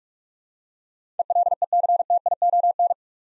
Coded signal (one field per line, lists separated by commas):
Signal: Morse code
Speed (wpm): 46 wpm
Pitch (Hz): 700 Hz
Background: none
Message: ELECTION